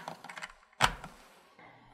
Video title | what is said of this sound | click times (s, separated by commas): Potentiometric Titration | and then you can take your valve cover and just snap it on top | 0.8 s